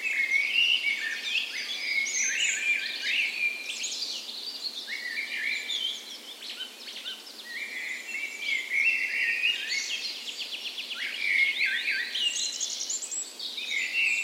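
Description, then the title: Many birds singing together at dawn, a dense mix of trills, warbles and sharp high notes, briefly thinning midway before swelling again. Dawn chorus recorded on the morning of 17 May, Norway's National Day, in a park west in Bergen, Norway, in spring; Sony PCM A10 recorder with LOM Usi microphones as "tree ears". "17th Of May Dawn Chorus"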